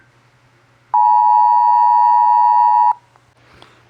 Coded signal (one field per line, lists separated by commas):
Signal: Emergency Alert System (SAME) tones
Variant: 853 and 960 Hz attention tone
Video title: eas alarm animados 4 (volvi:D)